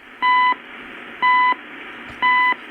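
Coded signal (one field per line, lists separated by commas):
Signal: radio time signal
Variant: CHU Canada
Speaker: CHU time signal, 7850 is it? Kilohertz, I think? Yeah.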